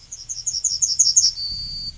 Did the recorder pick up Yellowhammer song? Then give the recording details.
yes. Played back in forest. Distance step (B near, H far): B. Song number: 029